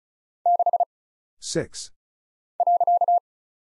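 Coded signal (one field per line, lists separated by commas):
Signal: Morse code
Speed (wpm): 36 wpm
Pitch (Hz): 700 Hz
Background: none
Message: 6 .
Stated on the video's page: Morse practice at 35 wpm, random single letters, numbers, punctuation and prosigns with very short gaps, for instant character recognition.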